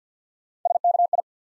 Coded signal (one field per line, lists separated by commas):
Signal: Morse code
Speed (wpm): 50 wpm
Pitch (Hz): 700 Hz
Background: none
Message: S K I